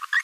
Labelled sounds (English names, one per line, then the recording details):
Green-rumped Parrotlet babbling
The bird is a female
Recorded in a nest box in Venezuela
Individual 17B42A4